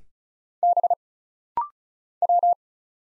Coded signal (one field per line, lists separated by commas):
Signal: Morse code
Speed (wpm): 36 wpm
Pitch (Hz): 700 Hz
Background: none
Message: B W